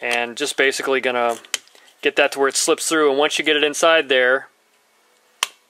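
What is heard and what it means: A tail drive component is worked into the tail case of a Tarot 500 RC helicopter tail assembly, pushed down on the bottom line and pulled up on the top one until it slips inside. Someone talks for most of the clip, then after a short silence a single sharp snap at 5.4 s marks the part locking into place.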